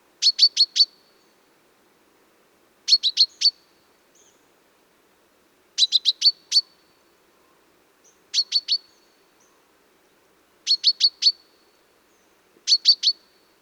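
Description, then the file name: Common chaffinch giving clipped high calls in rapid groups of three or four, the groups repeating roughly every two and a half seconds against near silence. "Fringilla coelebs"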